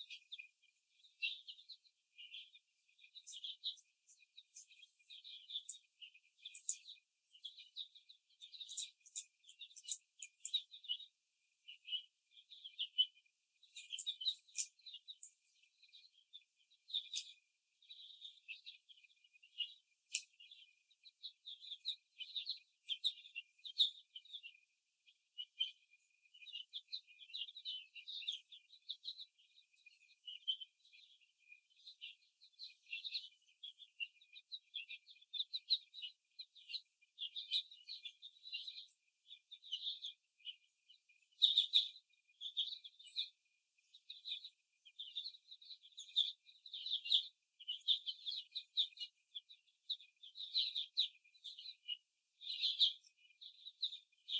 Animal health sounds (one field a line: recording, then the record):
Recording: young laying hens in a cage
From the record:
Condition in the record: before the stressor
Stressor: simulated dog barking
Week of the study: 1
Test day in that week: 2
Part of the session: 2